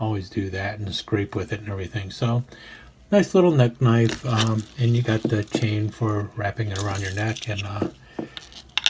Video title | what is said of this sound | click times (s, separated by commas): Small Knives (an open tag started by Jersey Knife Guy) | holds into that sheath really well snaps in place really strong so and | 8.8 s, 8.9 s